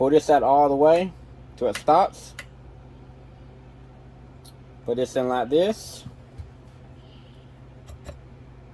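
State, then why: Not seated. During a Honda Odyssey transmission rebuild, an internal component is being handled and fitted toward the transmission case while someone talks. Between the speech there is a steady low hum and a couple of faint brief ticks. Nothing has seated or clicked into place yet.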